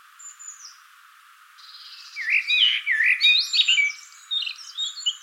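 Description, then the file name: Common blackbird song phrase of rich fluted notes run into a jumble of high squeaky twitters, with a few thin high notes at the start. "Turdus merula"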